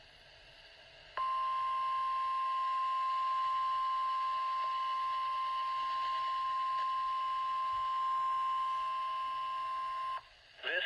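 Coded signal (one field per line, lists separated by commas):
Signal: Emergency Alert System (SAME) tones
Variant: 1050 Hz attention tone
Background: speech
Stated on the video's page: NOAA Weather Radio Required Weekly Test from Baltimore transmitter, received on a Midland WR120EZ weather radio with the alert siren disabled.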